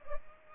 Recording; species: mosquito wingbeat signal from an infrared sensor; Culex pipiens